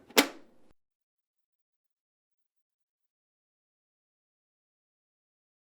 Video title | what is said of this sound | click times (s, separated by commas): Replace the Main Bezel - HP Pavilion 500-200 Desktop PCs - HP Support | press the right side of the bezel firmly until it snaps into place. | 0.2 s